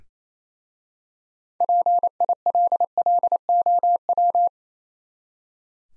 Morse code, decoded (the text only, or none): PILLOW